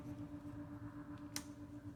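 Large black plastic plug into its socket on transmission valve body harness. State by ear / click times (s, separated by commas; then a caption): seated / 1.4 s. A large black plastic electrical plug is pushed into its socket on the transmission valve body harness of a 2011 Subaru Outback 5EAT during a turbine speed sensor 2 replacement for a P1710 error code. Over a steady low hum, a sharp click sounds at 1.4 seconds as the plug seats fully.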